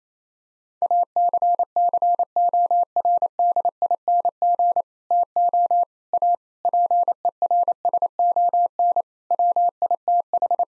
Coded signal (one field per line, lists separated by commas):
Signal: Morse code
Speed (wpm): 27 wpm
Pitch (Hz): 700 Hz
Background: none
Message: ACCORDING TO A PERSON WITH